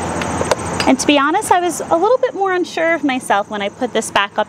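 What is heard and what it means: An electric-start battery, its wires already connected, is slid up into its plastic holder on a Snapper NXT mower, with rustling before a sharp hit at 0.5 s as it seats. Someone then talks, saying they were unsure and had tried it several times.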